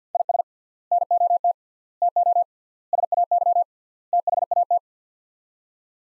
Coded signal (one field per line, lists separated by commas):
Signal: Morse code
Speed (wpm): 50 wpm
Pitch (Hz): 700 Hz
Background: none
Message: IS NOT TO SAY THAT